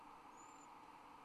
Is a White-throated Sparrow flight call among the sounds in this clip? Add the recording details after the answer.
no. No flight call is heard. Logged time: 11:55 on 30 November 2014